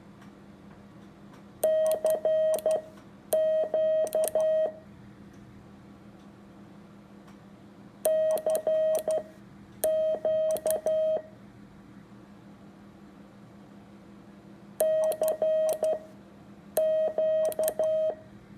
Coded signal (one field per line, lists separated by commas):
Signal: Morse code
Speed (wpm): 12 wpm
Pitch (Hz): 630 Hz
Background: none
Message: CQ CQ CQ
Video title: Morse code practice first simulated on the air transmission.